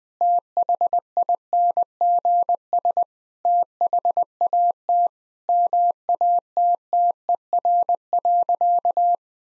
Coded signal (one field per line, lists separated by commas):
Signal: Morse code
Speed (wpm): 21 wpm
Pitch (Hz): 700 Hz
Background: none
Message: THINGS THAT MATTER.